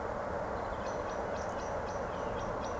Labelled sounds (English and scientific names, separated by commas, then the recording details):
Eurasian Woodcock (Scolopax rusticola) whistle
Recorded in Baden-Württemberg, Germany, on 23 June 2020 at 19:41 UTC
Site 14569, 102 m above sea level